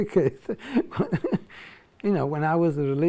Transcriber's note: laughs